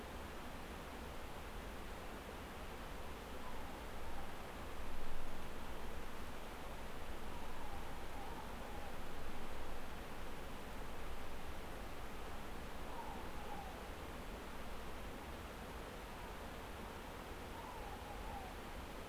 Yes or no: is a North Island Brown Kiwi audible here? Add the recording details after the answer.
no. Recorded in New Zealand on 10 December 2013. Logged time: 02:28. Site DE65